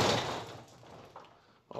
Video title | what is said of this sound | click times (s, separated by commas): The only video you need for installing a garage door opener - Genie | that was a little rough all right so we have the door locked in place with the carriage lock | 1.7 s